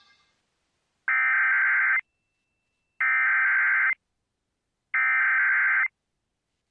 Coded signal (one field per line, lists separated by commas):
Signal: Emergency Alert System (SAME) tones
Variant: header bursts